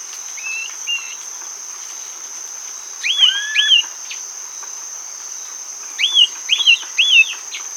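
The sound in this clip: Bird calls: short upslurred whistles in small clusters, over a steady high insect whine.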